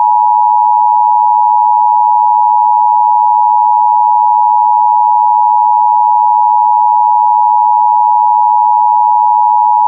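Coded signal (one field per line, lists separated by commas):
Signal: Emergency Alert System (SAME) tones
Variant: 853 and 960 Hz attention tone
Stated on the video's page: Fictional EAS scenario.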